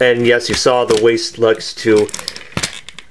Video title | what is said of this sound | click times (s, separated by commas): Legacy BulkHead | not click into place that well but that's fine um | 2.9 s, 3.0 s